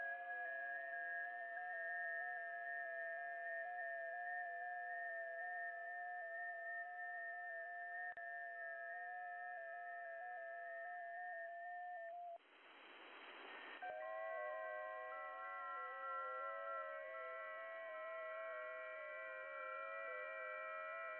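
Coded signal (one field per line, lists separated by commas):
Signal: FT8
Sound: several steady warbling tones at once, each shifting pitch slightly, with a short hiss break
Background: radio static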